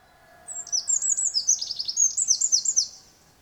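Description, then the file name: Eurasian wren singing a rapid, high-pitched burst of sharp trills and chattering notes for about two and a half seconds, with a faint low hum beneath. "Troglodytes troglodytes"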